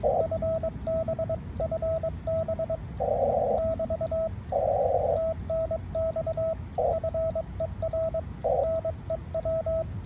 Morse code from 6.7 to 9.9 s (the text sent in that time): FER NEW